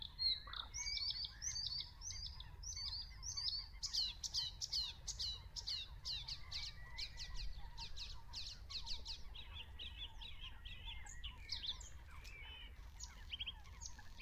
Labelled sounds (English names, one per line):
Bluethroat song